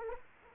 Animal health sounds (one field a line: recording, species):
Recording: mosquito wingbeat signal from an infrared sensor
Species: Anopheles arabiensis